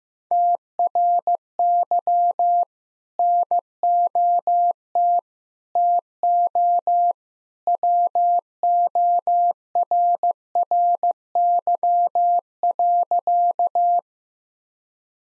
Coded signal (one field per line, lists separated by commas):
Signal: Morse code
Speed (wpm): 15 wpm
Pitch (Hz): 700 Hz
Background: none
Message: TRY NOT TO WORRY.